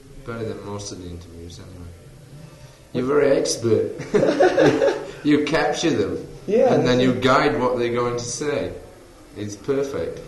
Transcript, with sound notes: better than most of the interviewers, anyway. You're very expert. [laughter] You capture them, and then you guide what they're going to say. It's perfect.